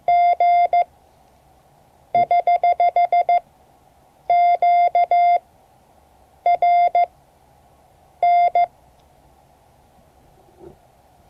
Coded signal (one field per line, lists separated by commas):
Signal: Morse code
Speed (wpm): 14 wpm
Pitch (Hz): 700 Hz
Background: none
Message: G <HH> QRN